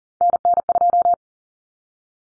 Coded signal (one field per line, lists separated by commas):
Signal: Morse code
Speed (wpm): 40 wpm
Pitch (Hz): 700 Hz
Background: none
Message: NN2